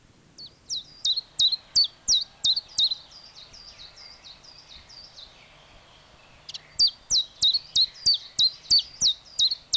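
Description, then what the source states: Common Chiffchaff song: a brisk series of high, sharp notes with downward flicks that trails into softer notes, then after a short pause a second loud run of the same even notes. Sweden.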